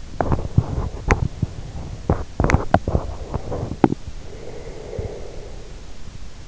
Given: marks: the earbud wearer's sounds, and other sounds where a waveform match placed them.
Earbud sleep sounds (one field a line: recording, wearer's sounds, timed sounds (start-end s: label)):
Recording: sounds in sleep by an in-ear microphone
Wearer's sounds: teeth grinding, breath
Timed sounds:
0.04-4.08 s: teeth grinding
4.34-6.02 s: breath